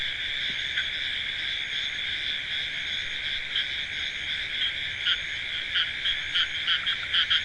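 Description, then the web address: Continuous high frog chorus; scattered pulsed croaks grow more frequent and louder in the second half. "frogs hq recording"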